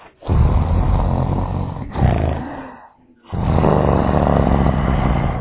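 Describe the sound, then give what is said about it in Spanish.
Deep, rumbling lion growls roll out in long, loud rasping bursts, broken by a brief dip into near silence before the heavy, throaty snoring-like rumble resumes. “Además, a veces no duermo bien porque hay mucho silencio en mi casa, pero con ellos ha sido muy fácil dormir porque suenan así.”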